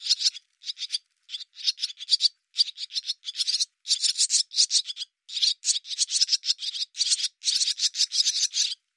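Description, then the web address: Bird call series of dry, scratchy rasping notes in irregular clusters with short gaps, continuing steadily through the whole stretch; nothing else audible. "cianscape birddata Deverinetal 2025"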